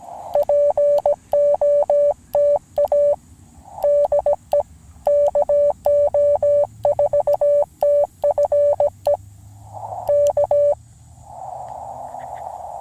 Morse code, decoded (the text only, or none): POTA DE KO4TFE K